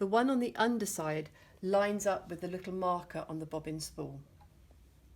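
A bobbin case is handled at the hook of a long-arm quilting machine, with its underside hole being lined up with the little marker on the bobbin's ball. Someone talks throughout, and a faint tap is heard near 4.4 s. Nothing has seated or clicked yet.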